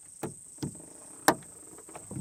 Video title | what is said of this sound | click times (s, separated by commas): How to Remove & Replace Hyundai Accent Interior Door Handle MC 2006-2011 Hatch Sedan | these back in you should hear an actual click as you do it | 1.3 s